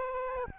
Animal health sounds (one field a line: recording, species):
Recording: mosquito wingbeat signal from an infrared sensor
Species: Aedes albopictus